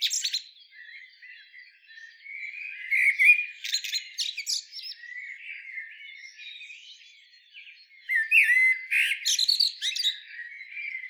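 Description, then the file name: Eurasian blackbird song: mellow whistled notes followed by thin, scratchy high flourishes, louder phrases near the middle and again toward the end. "Turdus merula"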